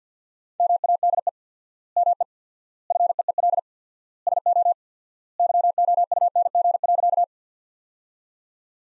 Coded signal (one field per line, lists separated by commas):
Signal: Morse code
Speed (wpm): 50 wpm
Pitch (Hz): 700 Hz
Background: none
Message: MADE ME FEEL SO YOUNG.